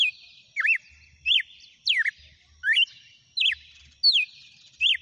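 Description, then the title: Red-cowled cardinal singing bright twisting whistles, some falling and some rising, delivered in a quick series about every two-thirds of a second. Female. "Canto Galo Campina Fêmea. GALO DE CAMPINA CANTANDO e BATENDO FOGO"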